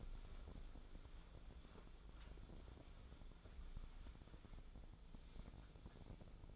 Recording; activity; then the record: daily activity, microphone in the room; wipe stove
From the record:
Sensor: 5